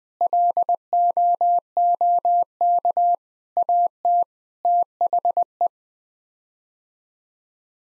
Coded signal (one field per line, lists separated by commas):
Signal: Morse code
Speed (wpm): 20 wpm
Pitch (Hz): 700 Hz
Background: none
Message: LOOK AT THE